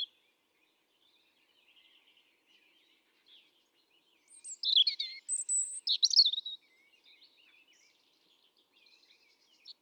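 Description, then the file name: European robin, soft high twittering, then a brief loud burst of clear sliding whistles and trilled notes, fading back to faint twitters. "Erithacus rubecula 310717"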